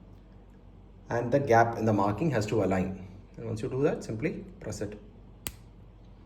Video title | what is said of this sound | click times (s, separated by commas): Accu-Chek Instant S - Unboxing, Review, Testing & Comparison | You'll hear a firm click. | 5.5 s